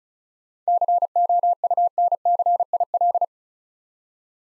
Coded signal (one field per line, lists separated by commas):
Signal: Morse code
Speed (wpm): 35 wpm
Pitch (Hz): 700 Hz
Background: none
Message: COUNCIL